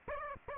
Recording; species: mosquito wingbeat signal from an infrared sensor; Aedes aegypti